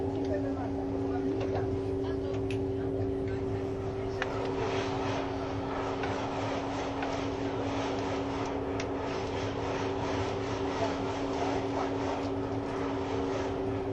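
An ICN tilting train, the RABDe 500, running on the Gotthard line. A steady rumble holds two fixed hum tones throughout, with a brighter rushing and clattering layer building after about four seconds. Faint voices seem to surface now and then, with occasional short clicks.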